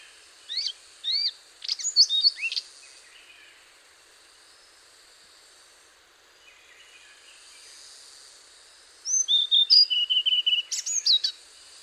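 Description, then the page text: Hainan blue flycatcher giving short high whistled and slurred notes, then a long quiet stretch, and a final phrase of clear whistles. "Antero Lindholm - Хайнаньская голубая мухоловка-циорнис (Cyornis hainanus)"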